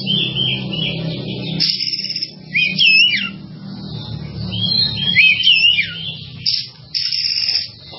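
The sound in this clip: Bird whistles: clear looping whistled notes rising and falling, given twice among fainter high chatter.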